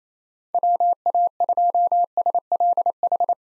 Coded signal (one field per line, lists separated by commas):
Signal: Morse code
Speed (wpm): 28 wpm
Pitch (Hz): 700 Hz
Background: none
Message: WA2SLH